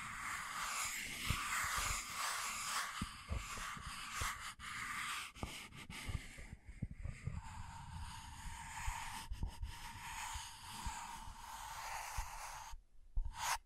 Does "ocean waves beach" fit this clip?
no